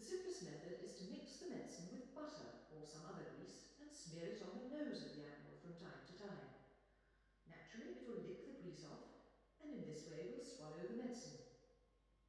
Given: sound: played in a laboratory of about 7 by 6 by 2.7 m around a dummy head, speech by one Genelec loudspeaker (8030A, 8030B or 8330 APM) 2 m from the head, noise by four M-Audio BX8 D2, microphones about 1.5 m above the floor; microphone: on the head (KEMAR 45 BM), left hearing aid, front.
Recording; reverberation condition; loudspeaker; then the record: female speech in English; high; 120 degrees to the right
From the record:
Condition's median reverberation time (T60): about 1300 ms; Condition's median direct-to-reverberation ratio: about -4.0 dB